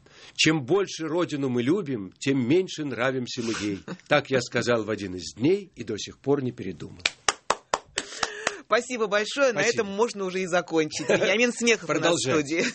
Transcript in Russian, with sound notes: Чем больше Родину мы любим, Тем меньше нравимся мы ей», - Так я сказал в один из дней, И до сих пор не передумал. (Аплодирует)
Спасибо большое. На этом можно уже и закончить. Вениамин Смехов был у нас в студии.